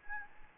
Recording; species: mosquito wingbeat signal from an infrared sensor; Aedes albopictus